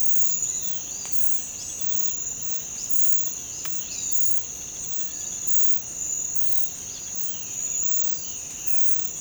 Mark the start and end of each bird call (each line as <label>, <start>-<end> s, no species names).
bird call, 0.13-1.41 s
bird call, 3.36-4.40 s
bird call, 6.64-9.21 s